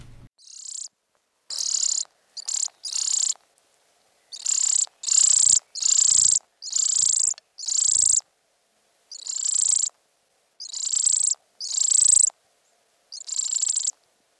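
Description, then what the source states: European greenfinch fledgling begging: about a dozen high, buzzy, vibrating notes in uneven bursts, each under a second, with short silent gaps between. Recently fledged young begging for food; call is a series of vibrating notes; parents feed young seeds softened in the crop rather than insects.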